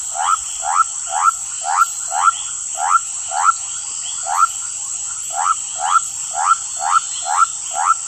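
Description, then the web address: Basin white-lipped frog calling with short upward-sweeping whoops, about two each second, over a constant high-pitched hiss. Recorded in the Ecuadorian Amazon. "Natures Songs. Frogs of Ecuadorian Amazon Leptodactylus mystaceus"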